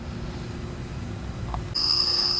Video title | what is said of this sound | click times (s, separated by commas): How To Change Your Own Oil. Oil Change Part 1.wmv | Apply torque until it clicks. | 1.5 s